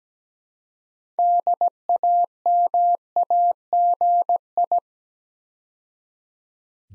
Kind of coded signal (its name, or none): Morse code